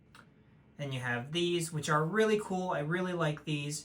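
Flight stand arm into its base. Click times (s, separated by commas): 0.1 s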